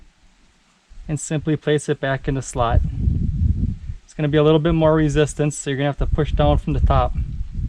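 An LED cargo lamp is placed back in its slot in the high-mount brake and cargo light housing of a 2015–2021 F150 pickup, then pushed down from the top against extra resistance. Someone talks throughout, with quiet rustling handling sounds in the pauses. Nothing has seated or clicked yet when the clip ends.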